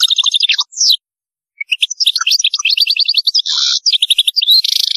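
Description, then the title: European goldfinch song: dense, rapid tinkling twitter with sliding notes, trills and harsh buzzy bursts, nearly unbroken throughout. "Chant Chardonneret"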